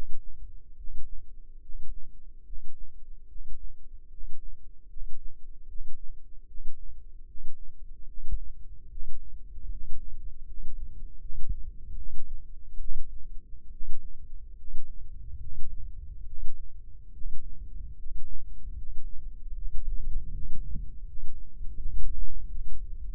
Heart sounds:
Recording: heart sounds by microphone in the left ear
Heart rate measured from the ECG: 75 bpm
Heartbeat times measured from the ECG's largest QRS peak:
0.75 s: heartbeat
1.59 s: heartbeat
2.43 s: heartbeat
3.26 s: heartbeat
4.08 s: heartbeat
4.87 s: heartbeat
5.66 s: heartbeat
6.45 s: heartbeat
7.24 s: heartbeat
8.05 s: heartbeat
8.87 s: heartbeat
9.68 s: heartbeat
10.44 s: heartbeat
11.19 s: heartbeat
11.95 s: heartbeat
12.77 s: heartbeat
13.69 s: heartbeat
14.54 s: heartbeat
15.38 s: heartbeat
16.24 s: heartbeat
17.11 s: heartbeat
17.96 s: heartbeat
18.74 s: heartbeat
19.53 s: heartbeat
20.31 s: heartbeat
21.04 s: heartbeat
21.76 s: heartbeat
22.48 s: heartbeat
From the record:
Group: healthy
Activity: rest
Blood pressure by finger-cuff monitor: 102/65 mmHg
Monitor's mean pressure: 75 mmHg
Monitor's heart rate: 73 bpm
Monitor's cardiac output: 6.9 L/min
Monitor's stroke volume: 96 mL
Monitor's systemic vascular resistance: 790 dyn s/cm5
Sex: male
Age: 35 years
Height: 180 cm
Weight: 86.9 kg

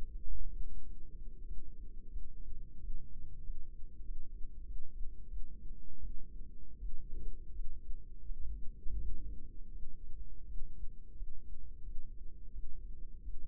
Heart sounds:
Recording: heart sounds by microphone in the right ear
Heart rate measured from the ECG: 88 bpm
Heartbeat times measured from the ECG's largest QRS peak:
0.22 s: heartbeat
0.83 s: heartbeat
1.45 s: heartbeat
2.10 s: heartbeat
2.78 s: heartbeat
3.42 s: heartbeat
4.03 s: heartbeat
4.64 s: heartbeat
5.28 s: heartbeat
5.98 s: heartbeat
6.77 s: heartbeat
7.52 s: heartbeat
8.24 s: heartbeat
8.97 s: heartbeat
9.70 s: heartbeat
10.45 s: heartbeat
11.14 s: heartbeat
11.82 s: heartbeat
12.51 s: heartbeat
13.22 s: heartbeat
From the record:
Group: healthy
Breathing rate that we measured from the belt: 16 breaths a minute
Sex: male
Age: 21 years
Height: 180 cm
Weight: 67.5 kg

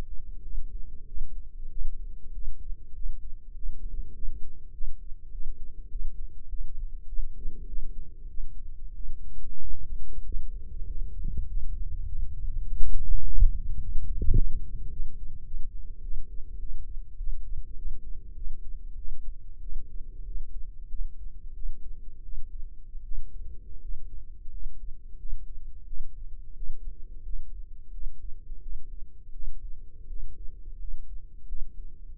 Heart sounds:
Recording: heart sounds by microphone in the left ear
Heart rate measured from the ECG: 95 bpm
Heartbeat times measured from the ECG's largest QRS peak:
0.42 s: heartbeat
1.05 s: heartbeat
1.69 s: heartbeat
2.32 s: heartbeat
2.93 s: heartbeat
3.53 s: heartbeat
4.12 s: heartbeat
4.71 s: heartbeat
5.30 s: heartbeat
5.89 s: heartbeat
6.48 s: heartbeat
7.07 s: heartbeat
7.66 s: heartbeat
8.27 s: heartbeat
8.93 s: heartbeat
9.60 s: heartbeat
10.23 s: heartbeat
10.85 s: heartbeat
11.46 s: heartbeat
12.06 s: heartbeat
12.64 s: heartbeat
13.22 s: heartbeat
13.78 s: heartbeat
14.34 s: heartbeat
14.89 s: heartbeat
15.44 s: heartbeat
16.00 s: heartbeat
16.58 s: heartbeat
17.16 s: heartbeat
17.75 s: heartbeat
18.34 s: heartbeat
18.96 s: heartbeat
19.60 s: heartbeat
20.24 s: heartbeat
20.88 s: heartbeat
21.53 s: heartbeat
22.21 s: heartbeat
23.02 s: heartbeat
23.80 s: heartbeat
24.49 s: heartbeat
25.16 s: heartbeat
25.84 s: heartbeat
26.53 s: heartbeat
27.22 s: heartbeat
27.90 s: heartbeat
28.59 s: heartbeat
29.31 s: heartbeat
30.06 s: heartbeat
30.77 s: heartbeat
31.45 s: heartbeat
32.13 s: heartbeat
From the record:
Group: healthy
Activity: rest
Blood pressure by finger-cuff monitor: 122/68 mmHg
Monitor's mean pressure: 82 mmHg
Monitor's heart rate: 95 bpm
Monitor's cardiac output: 8.8 L/min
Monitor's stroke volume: 91 mL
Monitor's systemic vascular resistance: 680 dyn s/cm5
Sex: male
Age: 19 years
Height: 178 cm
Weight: 83 kg

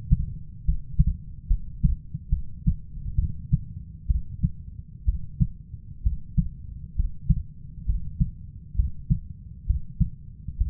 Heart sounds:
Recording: heart sounds by stethoscope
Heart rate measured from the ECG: 66 bpm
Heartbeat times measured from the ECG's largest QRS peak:
0.64 s: heartbeat
1.47 s: heartbeat
2.29 s: heartbeat
3.15 s: heartbeat
4.07 s: heartbeat
5.05 s: heartbeat
6.03 s: heartbeat
6.96 s: heartbeat
7.86 s: heartbeat
8.76 s: heartbeat
9.66 s: heartbeat
10.57 s: heartbeat
From the record:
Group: healthy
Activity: rest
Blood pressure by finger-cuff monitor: 136/66 mmHg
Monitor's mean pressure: 87 mmHg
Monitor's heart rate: 67 bpm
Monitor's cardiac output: 6.2 L/min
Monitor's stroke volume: 96 mL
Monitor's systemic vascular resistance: 1040 dyn s/cm5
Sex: female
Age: 37 years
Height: 168 cm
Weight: 70 kg

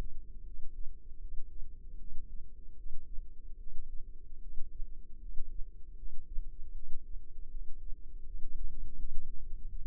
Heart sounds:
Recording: heart sounds by microphone in the left ear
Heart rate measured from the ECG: 78 bpm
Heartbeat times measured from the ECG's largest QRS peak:
0.44 s: heartbeat
1.20 s: heartbeat
1.98 s: heartbeat
2.76 s: heartbeat
3.58 s: heartbeat
4.40 s: heartbeat
5.19 s: heartbeat
5.96 s: heartbeat
6.74 s: heartbeat
7.50 s: heartbeat
8.25 s: heartbeat
8.98 s: heartbeat
9.67 s: heartbeat
From the record:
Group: healthy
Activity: cold pressor test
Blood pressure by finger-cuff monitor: 115/47 mmHg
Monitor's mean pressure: 74 mmHg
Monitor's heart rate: 77 bpm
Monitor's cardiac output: 10.4 L/min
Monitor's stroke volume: 130 mL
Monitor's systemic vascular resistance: 520 dyn s/cm5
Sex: female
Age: 32 years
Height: 168 cm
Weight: 61.9 kg

